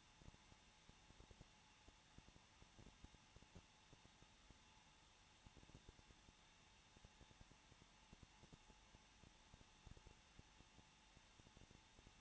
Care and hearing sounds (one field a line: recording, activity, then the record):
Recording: daily activity, microphone in the room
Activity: no activity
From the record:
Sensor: 1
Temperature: 20.1 degrees Celsius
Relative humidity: 39.4%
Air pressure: 1006.3 hPa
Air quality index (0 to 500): 219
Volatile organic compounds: 83 ppm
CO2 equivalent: 3628 ppm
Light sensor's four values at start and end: 1/2/1/1 and 1/2/1/1